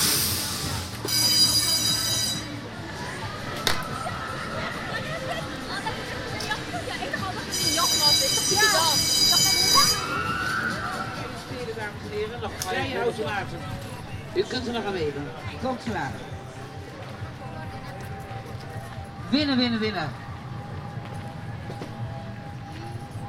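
A busy fair, thick with crowd chatter and overlapping voices, over a steady low rumble. Two bright, buzzing mechanical bursts cut in near the start and around eight seconds, and a faint steady tone hums through the later part.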